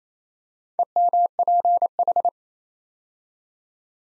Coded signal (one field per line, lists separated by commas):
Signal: Morse code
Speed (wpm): 27 wpm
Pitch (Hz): 700 Hz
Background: none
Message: EMPH